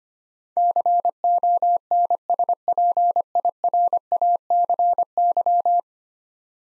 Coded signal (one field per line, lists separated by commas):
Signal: Morse code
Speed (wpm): 25 wpm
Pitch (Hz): 700 Hz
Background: none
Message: CONSPIRACY